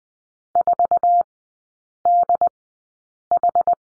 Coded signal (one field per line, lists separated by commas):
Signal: Morse code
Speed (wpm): 20 wpm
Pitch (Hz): 700 Hz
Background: none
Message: 4DH